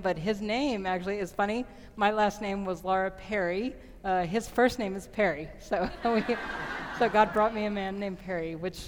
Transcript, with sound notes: His name, actually, is funny. My last name was Perry. His first name is Perry. (laughter) So God brought me a man named Perry.